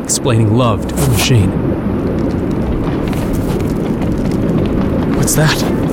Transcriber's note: FX – the ground starts to shudder